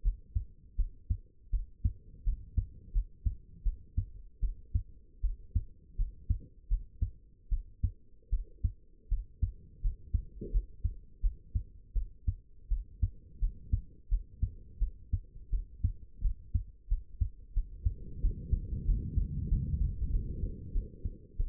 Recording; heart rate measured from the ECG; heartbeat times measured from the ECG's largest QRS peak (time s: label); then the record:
heart sounds by stethoscope; 84 bpm
0.03 s: heartbeat
0.77 s: heartbeat
1.51 s: heartbeat
2.24 s: heartbeat
2.93 s: heartbeat
3.64 s: heartbeat
4.41 s: heartbeat
5.22 s: heartbeat
5.97 s: heartbeat
6.69 s: heartbeat
7.50 s: heartbeat
8.30 s: heartbeat
9.09 s: heartbeat
9.82 s: heartbeat
10.52 s: heartbeat
11.21 s: heartbeat
11.94 s: heartbeat
12.69 s: heartbeat
13.40 s: heartbeat
14.09 s: heartbeat
14.79 s: heartbeat
15.51 s: heartbeat
16.22 s: heartbeat
16.89 s: heartbeat
17.54 s: heartbeat
18.21 s: heartbeat
18.86 s: heartbeat
19.48 s: heartbeat
20.11 s: heartbeat
20.73 s: heartbeat
21.37 s: heartbeat
From the record:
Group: healthy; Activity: rest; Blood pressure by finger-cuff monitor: 78/43 mmHg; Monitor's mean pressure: 58 mmHg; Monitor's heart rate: 83 bpm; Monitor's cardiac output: 8.2 L/min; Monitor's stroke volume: 100 mL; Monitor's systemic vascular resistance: 480 dyn s/cm5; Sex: female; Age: 22 years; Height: 161 cm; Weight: 65.5 kg